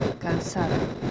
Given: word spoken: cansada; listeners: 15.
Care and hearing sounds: one Spanish word in noise, from a listening test; noise modulated by three-talker babble; -3.3 dB; 6 of 15; 7 of 15; 0.71 s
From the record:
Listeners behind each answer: 7, 6, 2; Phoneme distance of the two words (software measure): 10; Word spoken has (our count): 3 syllables, 7 phonemes, stress on syllable 2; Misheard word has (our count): 3 syllables, 7 phonemes, stress on syllable 2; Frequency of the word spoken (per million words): 8.06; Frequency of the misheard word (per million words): 17.79

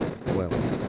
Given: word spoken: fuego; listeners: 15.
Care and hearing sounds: one Spanish word in noise, from a listening test; noise modulated by three-talker babble; -4.2 dB; 2 of 15; 10 of 15; 0.48 s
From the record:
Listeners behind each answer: 10, 2, 1, 1, 1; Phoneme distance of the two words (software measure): 10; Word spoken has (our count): 2 syllables, 5 phonemes, stress on syllable 1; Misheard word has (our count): 2 syllables, 5 phonemes, stress on syllable 1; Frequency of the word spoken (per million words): 109.36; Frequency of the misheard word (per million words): 163.36

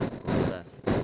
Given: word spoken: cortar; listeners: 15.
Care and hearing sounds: one Spanish word in noise, from a listening test; noise modulated by one talker; -12.2 dB; 2 of 15; 6 of 15; 0.64 s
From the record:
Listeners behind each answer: 6, 3, 2, 1, 1, 1, 1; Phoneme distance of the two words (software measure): 10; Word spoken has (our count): 2 syllables, 6 phonemes, stress on syllable 2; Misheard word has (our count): 2 syllables, 6 phonemes, stress on syllable 2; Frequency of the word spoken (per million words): 23.39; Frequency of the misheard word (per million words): 77.70

